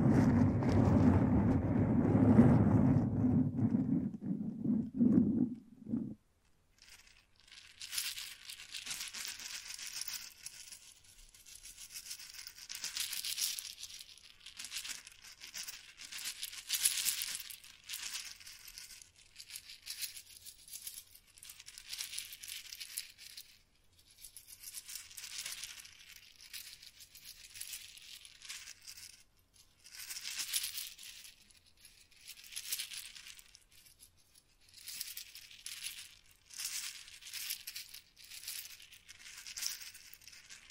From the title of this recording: Mic Brushing and Scratching